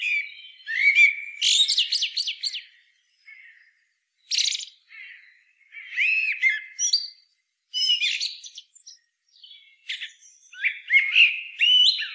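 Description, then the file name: Common blackbird giving repeated high, squeaky and chattering phrases separated by short pauses. "Turdus merula"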